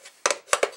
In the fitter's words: and it clicks in I give it a couple tugs to make sure it's in there the right way